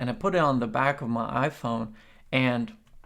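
A leather magnetic card wallet is being handled near a metal plate stuck on the back of an older iPhone, with a man talking throughout. Nothing has seated or clicked yet; the clip ends before the wallet snaps onto the plate.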